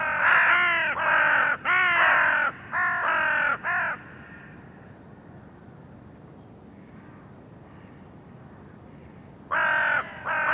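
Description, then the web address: Bird calling with a quick string of coarse caws, then a long quiet pause before two more harsh caws at the end. "cianscape birddata Deverinetal 2025 Bird Only"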